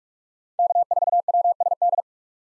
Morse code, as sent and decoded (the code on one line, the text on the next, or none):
-.- ....- .-- ... -..
K4WSD